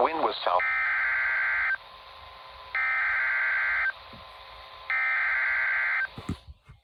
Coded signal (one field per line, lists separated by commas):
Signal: Emergency Alert System (SAME) tones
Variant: header bursts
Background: speech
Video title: Flash Flood Warning on Two Stations (EAS#184-185) 9/8/2021